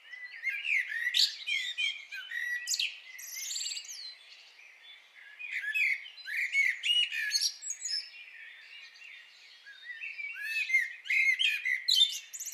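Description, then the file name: Common blackbird with repeated bursts of mellow warbles ending in thin squeaky twitters, coming in waves throughout with quieter gaps between. "Turdus merula"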